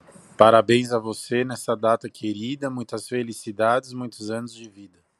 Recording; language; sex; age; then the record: short text; Brazilian Portuguese; male; 30 to 39 years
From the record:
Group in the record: control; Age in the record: 38 years